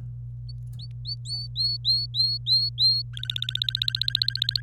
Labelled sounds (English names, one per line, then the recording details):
Domestic Canary song
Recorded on 25 April 2018 at 18:18
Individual llb3